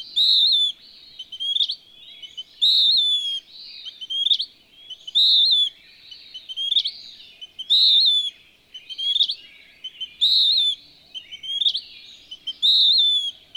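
Western wood-pewee song: nasal, burry notes that drop in pitch, paired with sharp upslurred ends, delivered in a regular rhythm against a faint background hiss.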